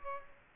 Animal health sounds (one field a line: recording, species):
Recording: mosquito wingbeat signal from an infrared sensor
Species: Aedes aegypti